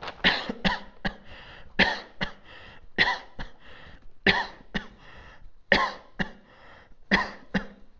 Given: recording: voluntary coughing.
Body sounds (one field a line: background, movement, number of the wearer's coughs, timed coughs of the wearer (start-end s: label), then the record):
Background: quiet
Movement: sitting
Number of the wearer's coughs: 13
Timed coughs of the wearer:
0.22-0.54 s: cough
0.62-0.90 s: cough
1.02-1.32 s: cough
1.76-2.11 s: cough
2.20-2.42 s: cough
2.96-3.29 s: cough
3.34-3.63 s: cough
4.24-4.54 s: cough
4.73-4.98 s: cough
5.69-6.07 s: cough
6.18-6.36 s: cough
7.09-7.41 s: cough
7.52-7.75 s: cough
From the record:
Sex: male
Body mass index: 22.0 kg/m2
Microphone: on the chest, facing outward